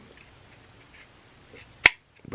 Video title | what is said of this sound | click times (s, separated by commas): Roundhouse HO Boxcab Electrification Project | hey now wow she snapped there now | 1.9 s